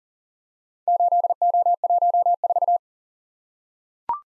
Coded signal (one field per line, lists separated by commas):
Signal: Morse code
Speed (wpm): 41 wpm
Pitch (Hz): 700 Hz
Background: none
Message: 8O14